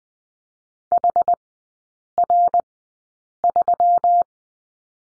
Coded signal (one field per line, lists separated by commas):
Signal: Morse code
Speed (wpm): 20 wpm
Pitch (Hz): 700 Hz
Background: none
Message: HR3